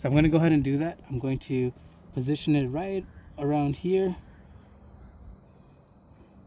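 A plastic plant support clip tied with nylon string is being positioned around a tomato plant stem, ahead of being snapped shut. Someone talks for about the first four seconds, then only a quiet, steady background remains. The clip has not snapped or clicked into place yet.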